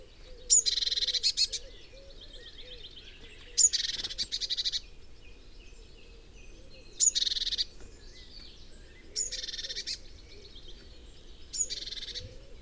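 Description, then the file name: Eurasian blue tit scolding calls, five repeated bouts of rasping churr, most opening with a sharp high note, every few seconds, against quiet low background noise. "Cyanistes caeruleus"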